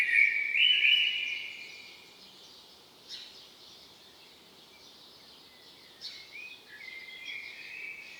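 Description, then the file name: Common blackbird giving one short fluted, warbled phrase at the start, then only faint scattered notes and quiet background. "Turdus merula"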